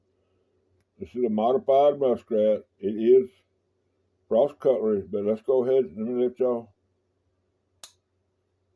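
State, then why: Seated. Someone talks about a modified Frost Cutlery muskrat slipjoint pocketknife with a stainless steel blade on a backspring. After a pause, the blade snaps sharply into place against its backspring in the handle at 7.8 s, and the blade is seated.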